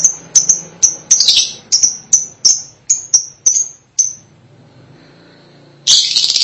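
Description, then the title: Lovebird calls: a quick run of shrill, clipped high chirps, a short silence, then a sudden burst of noisy chatter at the end. "BM Suara Burung Lovebird"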